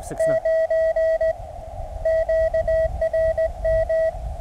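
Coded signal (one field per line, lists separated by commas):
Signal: Morse code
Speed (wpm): 17 wpm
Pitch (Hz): 650 Hz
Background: radio noise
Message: 9 QRM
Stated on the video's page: QRP park activation with Mountain Topper MTR 3B at 9 volts on resonant antenna, calling CQ and completing a CW QSO.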